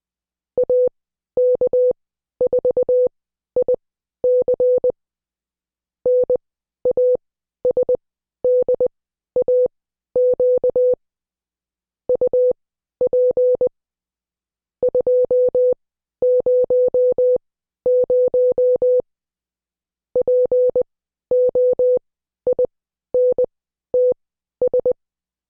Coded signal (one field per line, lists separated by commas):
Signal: Morse code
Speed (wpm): 20 wpm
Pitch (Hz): 500 Hz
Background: music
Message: AK4IC NASDAQ UP 200 POINTS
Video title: Morse Code Class 09